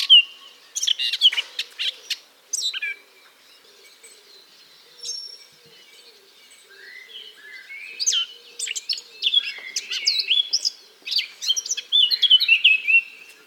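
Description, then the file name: Eurasian blackcap singing a busy chattering warble at the start, a long quiet gap, then a richer run of varied notes ending in bright fluted whistles. "Sylvia atricapilla"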